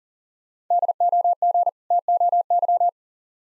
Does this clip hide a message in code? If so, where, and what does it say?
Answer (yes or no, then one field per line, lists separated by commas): yes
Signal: Morse code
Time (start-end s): 0.7-2.9 s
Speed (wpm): 40 wpm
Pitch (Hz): 700 Hz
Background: none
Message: DOG TOY